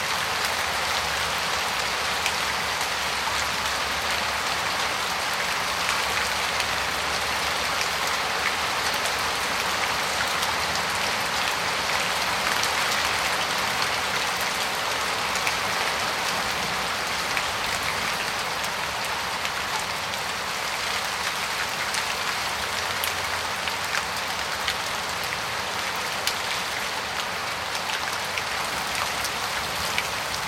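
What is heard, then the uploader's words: Steady, dense rain hisses evenly throughout, bright, with a faint low rumble underneath and no distinct events standing out. Sound 17 rain.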